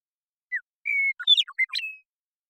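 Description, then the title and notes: Western meadowlark song: an opening slurred whistle, a long steady note, then a fast sequence of bubbly notes closing on a held whistle. Song, contact calls and flush; Pacific Northwest, Washington, United States. "Western Meadowlark, Sturnella neglecta, song, contact calls, and flush, family: Troupials and Allies Pacific Northwest in Washington, United States"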